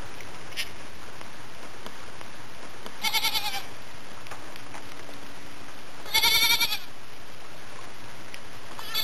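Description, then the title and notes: Goat bleats, two short wavering cries over a steady background. Three young goats playing around while friends harvested potatoes on a great summer day, 13 July 2016. "Some friends and I were harvesting potatoes and three young goats were playing around."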